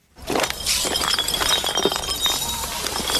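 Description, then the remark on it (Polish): Continuous scraping and clinking of broken glass as city cleaning workers sweep and shovel it with brooms and shovels on a town's main square after New Year fireworks, with bright tinkling shards scattering over a steady gritty rasp that starts abruptly and keeps going. “Zaraz po odpaleniu ostatnich petard w ruch poszły miotły, łopaty i specjalne polewaczki.”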